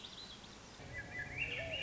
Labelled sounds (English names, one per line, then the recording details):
Swainson's Thrush
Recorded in Sonoma County, California